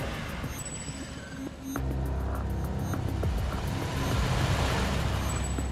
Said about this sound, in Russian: Сафронов садится за руль, заводит двигатель и уезжает.